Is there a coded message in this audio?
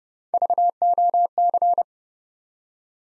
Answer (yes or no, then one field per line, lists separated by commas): yes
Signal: Morse code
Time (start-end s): 0.3-1.8 s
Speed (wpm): 30 wpm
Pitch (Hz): 700 Hz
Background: none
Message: VOC